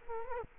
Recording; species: mosquito wingbeat signal from an infrared sensor; Culex quinquefasciatus